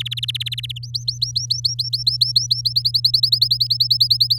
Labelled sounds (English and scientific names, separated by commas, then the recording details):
Domestic Canary (Serinus canaria) song
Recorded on 7 May 2018 at 17:08
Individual llb16